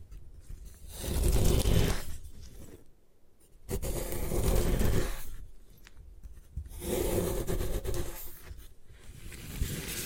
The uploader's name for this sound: Destroy Gym Chalk